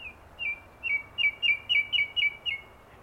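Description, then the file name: Common nightingale song: a steady series of clear, down-slurred whistled notes, several per second. "Luscinia megarhynchos"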